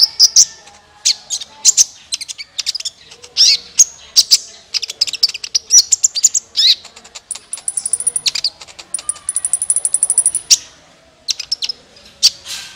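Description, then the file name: Van Hasselt's sunbird song: a dense, continuous stream of high chirps, including a sustained, very high trilled passage partway through. "suara kolibri ninja"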